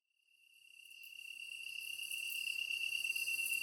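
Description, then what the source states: Japanese tree cricket song fading in from silence and swelling into a steady high trill, joined by pulsing higher insect chirps as it grows louder. Recorded 23 August 2010 at 21:22.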